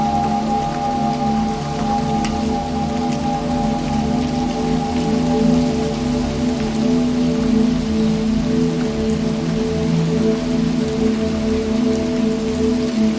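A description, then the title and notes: Rain falls in a steady, unbroken wash for the whole stretch, with no clear pauses or swells. Underneath runs a constant low hum with several held tones, and a faint tick or two of drops stands out near the start. The Sound Of Rain.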